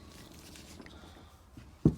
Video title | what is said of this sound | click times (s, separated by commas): Installing Vitara pistons on speedfactory NO-NOTCH long rods D16 | Slid the pin through the rod, and we'll get the other clip. Snaps right in just like that. | 1.9 s